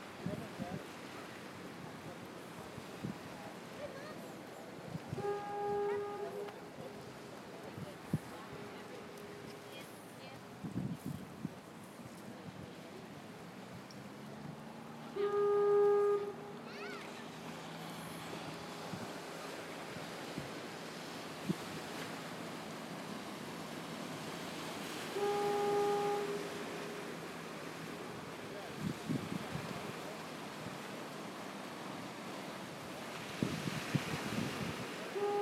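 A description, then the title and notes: A lighthouse fog horn sounds in short steady blasts, near 5 and 7 seconds, loudest around 15 seconds, and again near 25 seconds. Between blasts a constant wash of surf and light wind fills the background, with occasional voices and small knocks. Fog Horn at Marshall Point Lighthouse in Port Clyde, ME. Recorded with iPhone 6+. At 1:46 pm using Rode recording App.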